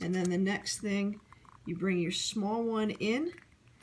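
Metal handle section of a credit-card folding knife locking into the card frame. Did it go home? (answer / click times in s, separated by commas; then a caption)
no / none. A folded stainless steel credit-card knife is being assembled as someone talks, with its small piece brought in before the big metal handle piece is swung in to lock into the card frame. Only speech and faint handling are heard, with a slight tick near 3.7 s. Nothing has seated or locked into place yet.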